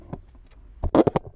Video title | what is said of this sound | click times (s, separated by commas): How to replace Cabin Air Filter in 2007 Prius | And then let's pop this back into place. | 0.9 s